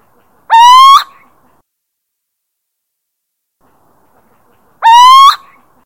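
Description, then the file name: Little owl producing two loud, slightly ascending whistled hoots four seconds apart against a quiet background. Territorial call, Drenthe, Netherlands. "Steenuil territorium Drenthe"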